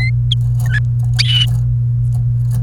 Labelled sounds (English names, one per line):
Domestic Canary song